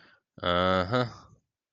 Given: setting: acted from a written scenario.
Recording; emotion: vocal sound without words; neutral